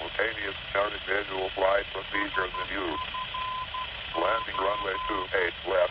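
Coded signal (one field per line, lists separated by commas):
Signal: Morse code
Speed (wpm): 12 wpm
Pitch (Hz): 1020 Hz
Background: speech, radio noise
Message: SFO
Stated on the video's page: Morse identifier of the SFO VOR navigation beacon, received on a Yaesu FTA-850L handheld transceiver in navigation mode.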